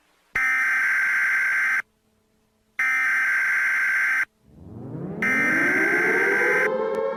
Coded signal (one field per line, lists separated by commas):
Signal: Emergency Alert System (SAME) tones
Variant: header bursts